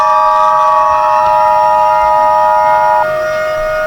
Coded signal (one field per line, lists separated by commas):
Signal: Emergency Alert System (SAME) tones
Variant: 853 and 960 Hz attention tone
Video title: EAS Scenario - The Hypercell